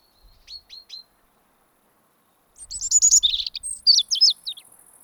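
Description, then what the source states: European robin song opening with three brief thin notes, then after a pause a fast, rich burst of trilled and warbled notes, with faint low thumps underneath. Autumn song of the robin, which resumes singing in autumn as northern migrants arrive.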